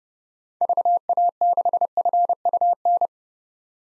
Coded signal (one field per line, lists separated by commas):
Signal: Morse code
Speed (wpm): 31 wpm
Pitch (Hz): 700 Hz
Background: none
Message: VA6FUN